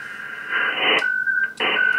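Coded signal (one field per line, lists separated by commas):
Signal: HF data modem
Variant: ARDOP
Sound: short bursts of rough hissing data alternating with a steady whistle tone, back and forth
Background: radio static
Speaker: so now we're doing connection act sequence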